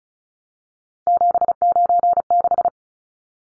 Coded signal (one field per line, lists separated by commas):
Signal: Morse code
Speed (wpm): 34 wpm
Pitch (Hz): 700 Hz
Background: none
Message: 796